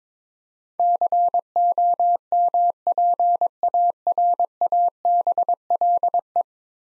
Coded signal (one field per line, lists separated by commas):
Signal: Morse code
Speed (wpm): 22 wpm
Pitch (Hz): 700 Hz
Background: none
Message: COMPARABLE